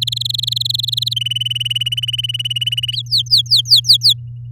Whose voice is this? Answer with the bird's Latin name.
Serinus canaria